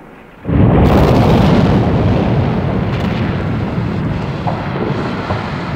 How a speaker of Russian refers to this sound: Лопатин не услыхал четвертого взрыва.